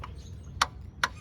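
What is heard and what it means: A click-type torque wrench tightens a valve cover bolt on a 1996-2001 Ford Ranger 2.5 during a valve cover gasket job. Two sharp, loud clicks ring out at 0.6 s and 1.0 s over a low background hum, after a faint tick at the start. The wrench clicks at its setting, confirming the bolt is torqued.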